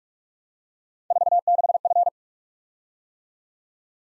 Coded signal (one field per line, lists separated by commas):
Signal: Morse code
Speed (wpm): 44 wpm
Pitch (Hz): 700 Hz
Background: none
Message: 46F